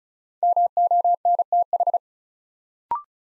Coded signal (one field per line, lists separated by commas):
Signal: Morse code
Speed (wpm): 35 wpm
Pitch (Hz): 700 Hz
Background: none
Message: MONTH